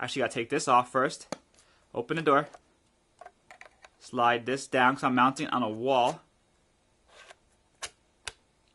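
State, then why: Seated. Someone talks while handling a security camera, with small taps and clicks around 3.2 to 3.9 seconds after opening its battery compartment. The plastic battery compartment cover door on the camera housing is slid down and snaps shut with a sharp click at 8.3 seconds, seating closed over the battery.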